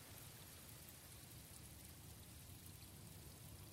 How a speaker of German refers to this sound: Regen.